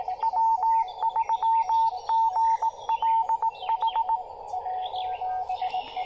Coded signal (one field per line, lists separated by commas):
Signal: Morse code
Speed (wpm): 18 wpm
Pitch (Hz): 900 Hz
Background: music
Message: W3GLH